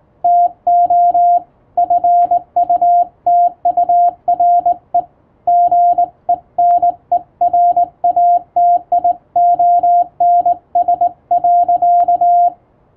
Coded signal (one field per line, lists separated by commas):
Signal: Morse code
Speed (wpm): 20 wpm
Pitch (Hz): 700 Hz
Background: radio noise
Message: TO FUTURE GENERATIONS.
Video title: 【URGENT POST】Thank you ! Over 1000 subscribers ! I'll say thank you in Morse code !